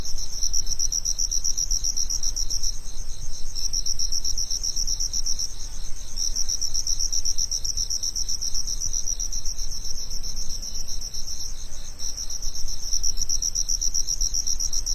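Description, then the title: Cricket trilling with quick, even high-pitched pulses, interrupted by short pauses every few seconds, against a steady low background hum. Summer afternoon. "夏日午后的蟋蟀"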